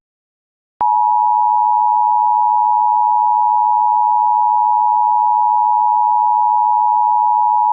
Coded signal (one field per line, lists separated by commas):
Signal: Emergency Alert System (SAME) tones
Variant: 853 and 960 Hz attention tone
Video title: EAS #742 Immediate Evacuation